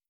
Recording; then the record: hydrophone in a shrimp aquaculture tank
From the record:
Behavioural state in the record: starved